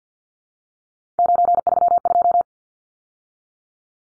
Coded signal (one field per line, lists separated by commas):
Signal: Morse code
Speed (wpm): 50 wpm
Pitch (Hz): 700 Hz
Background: none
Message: 932